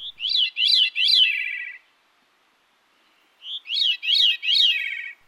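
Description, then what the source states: Veery singing two phrases, each a short opening note followed by rolling, downward-spiraling notes. Played as an example; song sounds as if played through a hollow metal pipe; really distinctive.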